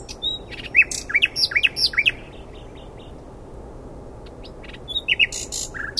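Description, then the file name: Common nightingale singing a string of varied, sharply sweeping chirps, then a pause, then another short burst of buzzy notes. "Luscinia megarhynchos"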